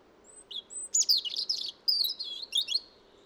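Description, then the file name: European robin singing a continuous run of high, tinkling notes that slide and trill, with short bright whistled phrases following one another. "Erithacus rubecula"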